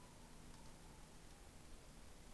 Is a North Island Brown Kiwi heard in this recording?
no